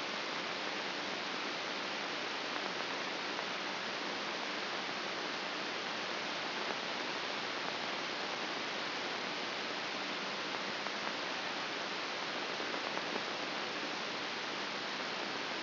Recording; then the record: brain microelectrode recording played as sound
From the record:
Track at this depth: outside the subthalamic nucleus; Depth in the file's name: 5.617 mm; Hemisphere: left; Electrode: 3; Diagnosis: Parkinson's disease